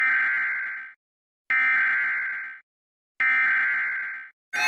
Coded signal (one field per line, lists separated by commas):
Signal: Emergency Alert System (SAME) tones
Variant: header bursts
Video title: Severe Thunderstorm Warning (EAS 47)